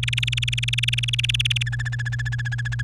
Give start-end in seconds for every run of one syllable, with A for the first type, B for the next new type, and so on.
0.03-1.63 A, 1.66-2.82 B